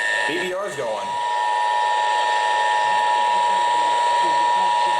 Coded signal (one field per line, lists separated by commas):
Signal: Emergency Alert System (SAME) tones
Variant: 853 and 960 Hz attention tone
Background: speech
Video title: Monthlies and Weeklies! (8/4/21) (EAS 6158-6178)